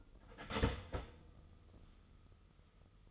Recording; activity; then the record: daily activity, microphone in the room; start toaster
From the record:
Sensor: 4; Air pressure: 989.4 hPa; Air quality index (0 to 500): 218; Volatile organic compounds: 70 ppm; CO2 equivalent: 3516 ppm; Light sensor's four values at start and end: 24/83/31/32 and 24/83/31/32